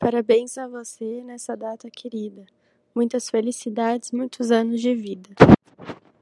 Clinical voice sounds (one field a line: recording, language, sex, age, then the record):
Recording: short text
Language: Brazilian Portuguese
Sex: female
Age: 20 to 29 years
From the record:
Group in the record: control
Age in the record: 21 years